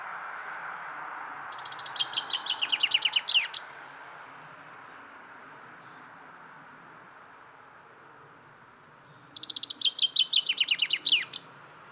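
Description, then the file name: Common chaffinch song, two bright rattling phrases of quick notes falling in pitch before a terse flourish, separated by a pause of about five and a half seconds, over a steady low hiss. "Fringilla coelebs"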